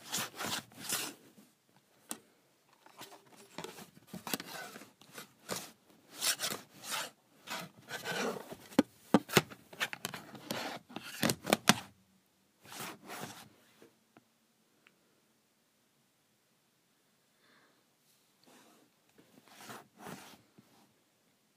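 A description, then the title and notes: A calculator cover is slid on and off in quick, scraping strokes, dense for the first twelve seconds. After a brief pause with a faint low hum, a few sparser slides follow near 13, 18 and 20 seconds. Sliding my Calculator Cover.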